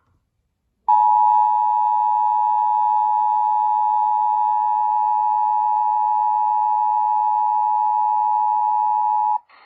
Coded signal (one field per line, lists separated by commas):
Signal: Emergency Alert System (SAME) tones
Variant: 853 and 960 Hz attention tone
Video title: Severe Thunderstorm Warning EAS#374